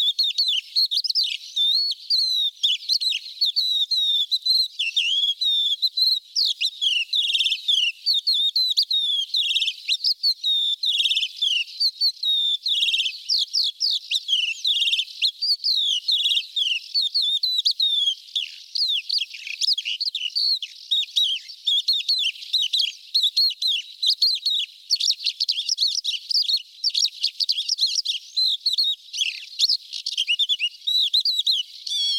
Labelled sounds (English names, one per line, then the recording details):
Crested Lark song
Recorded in the wild
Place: Nagyivan / Hortobagy, HU
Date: 1988-05-03
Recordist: Schwarz, Dieter
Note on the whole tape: Song